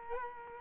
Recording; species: mosquito wingbeat signal from an infrared sensor; Culex quinquefasciatus